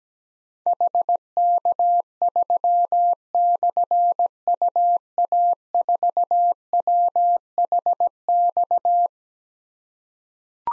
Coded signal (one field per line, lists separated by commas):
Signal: Morse code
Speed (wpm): 17 wpm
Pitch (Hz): 700 Hz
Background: none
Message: HK3/UA4WHX